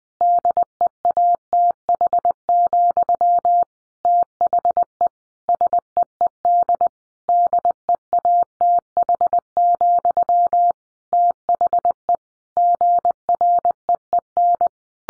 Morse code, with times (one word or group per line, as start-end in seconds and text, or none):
0.2-3.6 DEATH,
4.0-5.1 THE
5.5-6.9 SEED
7.3-10.7 DEATH,
11.1-12.2 THE
12.6-14.7 GREEN